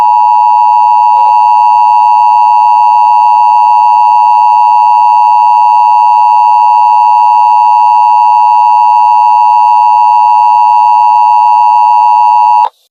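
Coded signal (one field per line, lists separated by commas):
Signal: Emergency Alert System (SAME) tones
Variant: 853 and 960 Hz attention tone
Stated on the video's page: Simulated mock EAS alert, not real.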